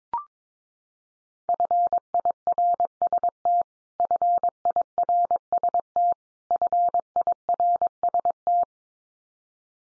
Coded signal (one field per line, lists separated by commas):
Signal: Morse code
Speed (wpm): 22 wpm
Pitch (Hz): 700 Hz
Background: none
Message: FIRST FIRST FIRST